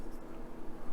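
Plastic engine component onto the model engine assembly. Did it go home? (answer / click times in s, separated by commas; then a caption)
no / none. A plastic engine component is handled onto the engine assembly of a Mitsubishi Zero A6M scale model aircraft, being pushed toward its locating lugs. Only soft, low handling rustle is heard. Nothing has seated or clicked yet.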